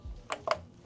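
A second RAM stick is pressed into its motherboard DIMM slot with both thumbs. Two sharp clicks are heard at 0.3 s and 0.5 s as the slot latches close, one on each side. The stick is fully seated, as two clicks, one on each side, are expected when it is fully seated.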